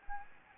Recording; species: mosquito wingbeat signal from an infrared sensor; Anopheles gambiae